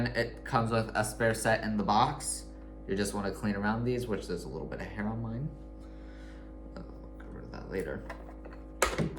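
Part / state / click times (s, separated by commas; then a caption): side brush off robot vacuum brush hub / released / 8.8 s. Someone talks while a side brush with a little hair on it is pulled off the brush hub of a Eufy Robovac LR20 robot vacuum so it can be cleaned. A few faint taps come first, then the brush pops off with one loud thunk at 8.8 s, releasing it from the hub.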